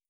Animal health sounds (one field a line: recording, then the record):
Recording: hydrophone in a shrimp aquaculture tank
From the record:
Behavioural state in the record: starved